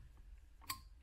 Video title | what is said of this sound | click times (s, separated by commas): How to remove / upgrade the steering wheel / airbag on Range Rover Sport l494/SVR | so that one should be lying in there ready and it should click in I say | 0.7 s